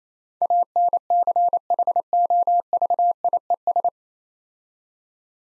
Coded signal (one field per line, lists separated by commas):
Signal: Morse code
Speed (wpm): 27 wpm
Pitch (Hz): 700 Hz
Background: none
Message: ANCHOVIES